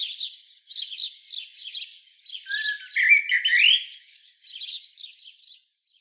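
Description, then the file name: Common blackbird with soft, scratchy subdued warbling at first, swelling midway into a louder fluted phrase with high squeaks, then fading back to quiet twitters. "Turdus merula"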